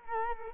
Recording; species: mosquito wingbeat signal from an infrared sensor; Culex quinquefasciatus